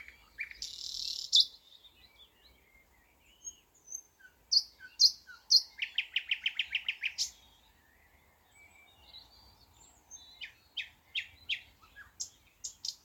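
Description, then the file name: Thrush nightingale song: a harsh buzz, sharp whistled notes, a fast rattling series, a quiet gap, then spaced loud clicks. "thrush nightingale - luscinia luscinia"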